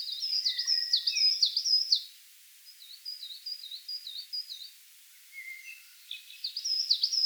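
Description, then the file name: Coal tit song: high, bright two-note phrases repeated rapidly in a see-saw pattern, a softer run of phrases, a pause, then the loud series again. "Periparus ater"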